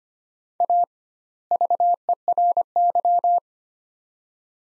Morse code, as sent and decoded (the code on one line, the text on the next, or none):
.- / ...- . .-. -.--
A VERY